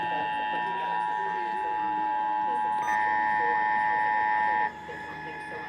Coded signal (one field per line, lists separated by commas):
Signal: Emergency Alert System (SAME) tones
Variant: 853 and 960 Hz attention tone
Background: speech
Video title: Pennsylvania Required Monthly Test On Multiple Stations 7/21/22 (EAS #1406-1416)